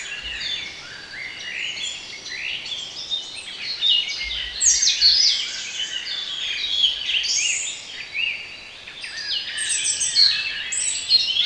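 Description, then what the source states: Bird: dense chorus of many songbirds, overlapping bright chirps, trills and whistled phrases high in pitch, with a steady soft background hiss throughout. Bird sounds intended for relaxation.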